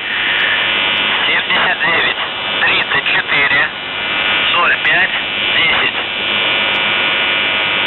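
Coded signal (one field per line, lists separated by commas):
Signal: numbers station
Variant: UVB-76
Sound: a male voice reading a short message over noisy shortwave radio with a faint hum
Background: radio static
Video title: The Buzzer/UVB-76(4625Khz) May 25th, 2023 09:27UTC Voice message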